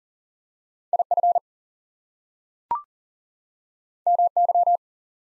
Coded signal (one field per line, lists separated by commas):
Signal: Morse code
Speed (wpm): 39 wpm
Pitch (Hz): 700 Hz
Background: none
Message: IF MY